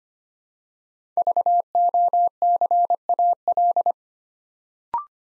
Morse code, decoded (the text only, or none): VOCAL